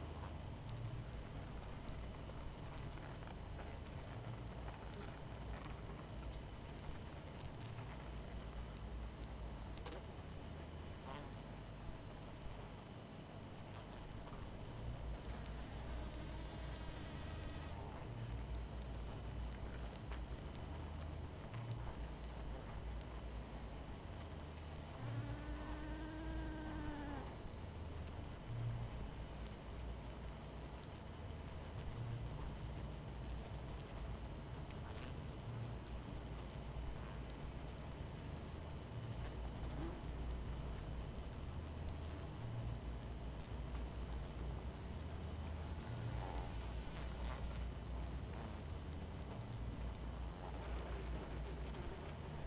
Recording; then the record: honeybee colony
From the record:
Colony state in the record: missing queen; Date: 14 July 2017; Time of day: 23:54